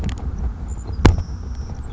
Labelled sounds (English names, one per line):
Savannah Sparrow